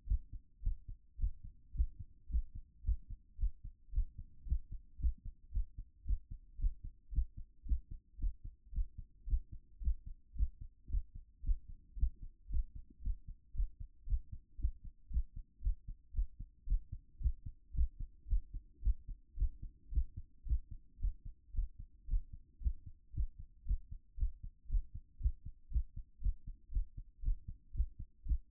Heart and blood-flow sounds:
heart sounds by stethoscope; 112 bpm
0.05 s: heartbeat
0.61 s: heartbeat
1.17 s: heartbeat
1.72 s: heartbeat
2.27 s: heartbeat
2.82 s: heartbeat
3.36 s: heartbeat
3.90 s: heartbeat
4.44 s: heartbeat
4.97 s: heartbeat
5.50 s: heartbeat
6.03 s: heartbeat
6.56 s: heartbeat
7.10 s: heartbeat
7.63 s: heartbeat
8.17 s: heartbeat
8.71 s: heartbeat
9.25 s: heartbeat
9.79 s: heartbeat
10.33 s: heartbeat
10.87 s: heartbeat
11.41 s: heartbeat
11.95 s: heartbeat
12.47 s: heartbeat
13.00 s: heartbeat
13.52 s: heartbeat
14.04 s: heartbeat
14.56 s: heartbeat
15.08 s: heartbeat
15.60 s: heartbeat
16.12 s: heartbeat
16.65 s: heartbeat
17.18 s: heartbeat
17.72 s: heartbeat
18.26 s: heartbeat
18.81 s: heartbeat
19.35 s: heartbeat
19.90 s: heartbeat
20.44 s: heartbeat
20.98 s: heartbeat
21.52 s: heartbeat
22.06 s: heartbeat
22.59 s: heartbeat
23.12 s: heartbeat
23.64 s: heartbeat
24.16 s: heartbeat
24.67 s: heartbeat
25.18 s: heartbeat
25.69 s: heartbeat
26.19 s: heartbeat
26.70 s: heartbeat
27.21 s: heartbeat
27.72 s: heartbeat
28.23 s: heartbeat
From the record:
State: after exercise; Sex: male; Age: 42 years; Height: 186 cm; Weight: 80 kg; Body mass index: 23.12

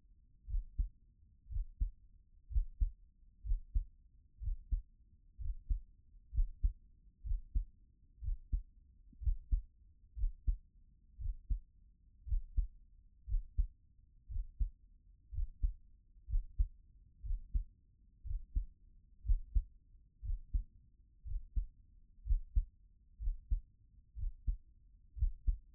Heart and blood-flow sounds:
heart sounds by stethoscope; 61 bpm
0.47 s: heartbeat
1.49 s: heartbeat
2.49 s: heartbeat
3.43 s: heartbeat
4.40 s: heartbeat
5.38 s: heartbeat
6.32 s: heartbeat
7.23 s: heartbeat
8.21 s: heartbeat
9.21 s: heartbeat
10.16 s: heartbeat
11.19 s: heartbeat
12.26 s: heartbeat
13.26 s: heartbeat
14.28 s: heartbeat
15.31 s: heartbeat
16.28 s: heartbeat
17.23 s: heartbeat
18.24 s: heartbeat
19.24 s: heartbeat
20.22 s: heartbeat
21.25 s: heartbeat
22.24 s: heartbeat
23.19 s: heartbeat
24.15 s: heartbeat
25.16 s: heartbeat
From the record:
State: at rest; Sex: male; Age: 28 years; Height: 182 cm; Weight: 70 kg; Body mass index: 21.13

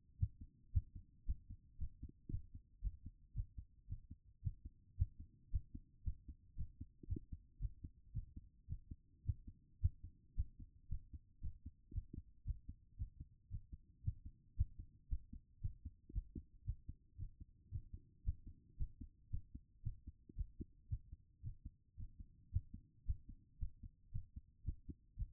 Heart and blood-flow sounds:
heart sounds by stethoscope; 113 bpm
0.17 s: heartbeat
0.72 s: heartbeat
1.25 s: heartbeat
1.77 s: heartbeat
2.29 s: heartbeat
2.81 s: heartbeat
3.33 s: heartbeat
3.87 s: heartbeat
4.42 s: heartbeat
4.96 s: heartbeat
5.50 s: heartbeat
6.03 s: heartbeat
6.55 s: heartbeat
7.07 s: heartbeat
7.58 s: heartbeat
8.12 s: heartbeat
8.67 s: heartbeat
9.24 s: heartbeat
9.80 s: heartbeat
10.34 s: heartbeat
10.88 s: heartbeat
11.40 s: heartbeat
11.92 s: heartbeat
12.44 s: heartbeat
12.96 s: heartbeat
13.49 s: heartbeat
14.02 s: heartbeat
14.55 s: heartbeat
15.08 s: heartbeat
15.60 s: heartbeat
16.12 s: heartbeat
16.64 s: heartbeat
17.16 s: heartbeat
17.70 s: heartbeat
18.23 s: heartbeat
18.76 s: heartbeat
19.29 s: heartbeat
19.82 s: heartbeat
20.35 s: heartbeat
20.88 s: heartbeat
21.41 s: heartbeat
21.96 s: heartbeat
22.50 s: heartbeat
23.05 s: heartbeat
23.58 s: heartbeat
24.11 s: heartbeat
24.63 s: heartbeat
25.16 s: heartbeat
From the record:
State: after exercise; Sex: female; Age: 39 years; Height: 175 cm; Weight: 68 kg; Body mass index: 22.20

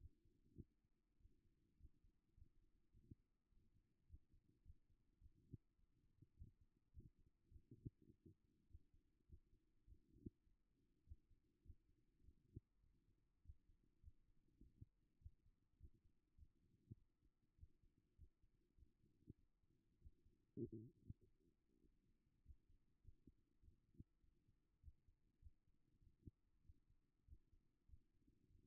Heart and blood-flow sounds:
heart sounds by stethoscope; 101 bpm
0.58 s: heartbeat
1.18 s: heartbeat
1.78 s: heartbeat
2.35 s: heartbeat
2.93 s: heartbeat
3.50 s: heartbeat
4.08 s: heartbeat
4.63 s: heartbeat
5.20 s: heartbeat
5.77 s: heartbeat
6.35 s: heartbeat
6.92 s: heartbeat
7.49 s: heartbeat
8.07 s: heartbeat
8.68 s: heartbeat
9.27 s: heartbeat
9.86 s: heartbeat
10.45 s: heartbeat
11.05 s: heartbeat
11.63 s: heartbeat
12.22 s: heartbeat
12.81 s: heartbeat
13.43 s: heartbeat
14.01 s: heartbeat
14.60 s: heartbeat
15.19 s: heartbeat
15.78 s: heartbeat
16.36 s: heartbeat
16.95 s: heartbeat
17.56 s: heartbeat
18.17 s: heartbeat
18.76 s: heartbeat
19.36 s: heartbeat
20.00 s: heartbeat
20.61 s: heartbeat
21.21 s: heartbeat
21.82 s: heartbeat
22.44 s: heartbeat
23.02 s: heartbeat
23.61 s: heartbeat
24.21 s: heartbeat
24.81 s: heartbeat
25.40 s: heartbeat
26.00 s: heartbeat
26.62 s: heartbeat
27.26 s: heartbeat
27.87 s: heartbeat
28.48 s: heartbeat
From the record:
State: after exercise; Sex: female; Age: 33 years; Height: 160 cm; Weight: 54 kg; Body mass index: 21.09

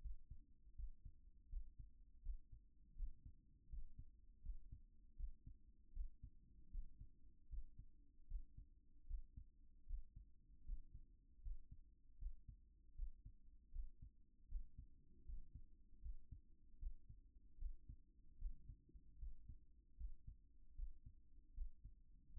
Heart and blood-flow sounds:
heart sounds by stethoscope; 78 bpm
0.02 s: heartbeat
0.74 s: heartbeat
1.48 s: heartbeat
2.21 s: heartbeat
2.94 s: heartbeat
3.68 s: heartbeat
4.41 s: heartbeat
5.15 s: heartbeat
5.92 s: heartbeat
6.69 s: heartbeat
7.48 s: heartbeat
8.26 s: heartbeat
9.05 s: heartbeat
9.85 s: heartbeat
10.63 s: heartbeat
11.41 s: heartbeat
12.17 s: heartbeat
12.94 s: heartbeat
13.70 s: heartbeat
14.47 s: heartbeat
15.24 s: heartbeat
16.00 s: heartbeat
16.77 s: heartbeat
17.57 s: heartbeat
18.37 s: heartbeat
19.17 s: heartbeat
19.95 s: heartbeat
20.74 s: heartbeat
21.53 s: heartbeat
22.32 s: heartbeat
From the record:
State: at rest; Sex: male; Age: 52 years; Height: 176 cm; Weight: 105 kg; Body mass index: 33.90

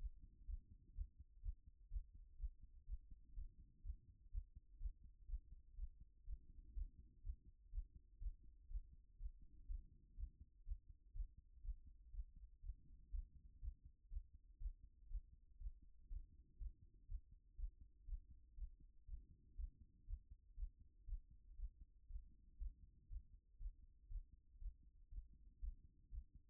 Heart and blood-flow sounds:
heart sounds by stethoscope; 122 bpm
0.47 s: heartbeat
0.95 s: heartbeat
1.42 s: heartbeat
1.90 s: heartbeat
2.38 s: heartbeat
2.86 s: heartbeat
3.35 s: heartbeat
3.83 s: heartbeat
4.31 s: heartbeat
4.79 s: heartbeat
5.28 s: heartbeat
5.76 s: heartbeat
6.25 s: heartbeat
6.74 s: heartbeat
7.23 s: heartbeat
7.72 s: heartbeat
8.20 s: heartbeat
8.69 s: heartbeat
9.18 s: heartbeat
9.68 s: heartbeat
10.17 s: heartbeat
10.65 s: heartbeat
11.14 s: heartbeat
11.63 s: heartbeat
12.12 s: heartbeat
12.62 s: heartbeat
13.12 s: heartbeat
13.61 s: heartbeat
14.10 s: heartbeat
14.60 s: heartbeat
15.09 s: heartbeat
15.59 s: heartbeat
16.09 s: heartbeat
16.59 s: heartbeat
17.08 s: heartbeat
17.57 s: heartbeat
18.07 s: heartbeat
18.56 s: heartbeat
19.06 s: heartbeat
19.57 s: heartbeat
20.07 s: heartbeat
20.56 s: heartbeat
21.07 s: heartbeat
21.57 s: heartbeat
22.08 s: heartbeat
22.59 s: heartbeat
23.09 s: heartbeat
23.59 s: heartbeat
24.09 s: heartbeat
24.60 s: heartbeat
25.10 s: heartbeat
25.61 s: heartbeat
26.11 s: heartbeat
From the record:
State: after exercise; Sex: female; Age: 55 years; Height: 168 cm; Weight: 81 kg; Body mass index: 28.70

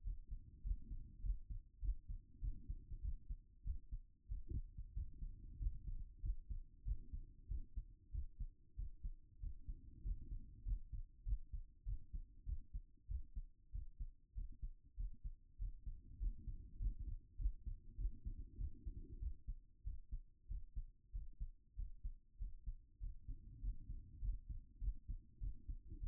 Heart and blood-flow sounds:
heart sounds by stethoscope; 97 bpm
0.02 s: heartbeat
0.62 s: heartbeat
1.21 s: heartbeat
1.80 s: heartbeat
2.40 s: heartbeat
3.01 s: heartbeat
3.63 s: heartbeat
4.27 s: heartbeat
4.93 s: heartbeat
5.58 s: heartbeat
6.21 s: heartbeat
6.84 s: heartbeat
7.47 s: heartbeat
8.11 s: heartbeat
8.75 s: heartbeat
9.39 s: heartbeat
10.02 s: heartbeat
10.64 s: heartbeat
11.24 s: heartbeat
11.84 s: heartbeat
12.45 s: heartbeat
13.07 s: heartbeat
13.71 s: heartbeat
14.33 s: heartbeat
14.95 s: heartbeat
15.57 s: heartbeat
16.18 s: heartbeat
16.77 s: heartbeat
17.37 s: heartbeat
17.96 s: heartbeat
18.56 s: heartbeat
19.18 s: heartbeat
19.83 s: heartbeat
20.47 s: heartbeat
21.11 s: heartbeat
21.75 s: heartbeat
22.37 s: heartbeat
22.99 s: heartbeat
23.60 s: heartbeat
24.20 s: heartbeat
24.79 s: heartbeat
25.39 s: heartbeat
25.99 s: heartbeat
From the record:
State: at rest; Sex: female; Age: 36 years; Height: 178 cm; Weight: 74 kg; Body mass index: 23.36

